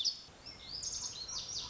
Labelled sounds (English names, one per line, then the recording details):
Lazuli Bunting
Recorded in Sonoma County, California